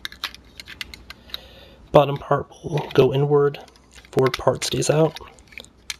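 A plastic limb panel of a transforming plastic action figure is handled and folded inward toward the figure's body while someone talks. Small sharp plastic taps and clicks from the handling are heard near the start and end. The part has not seated or clicked into place yet.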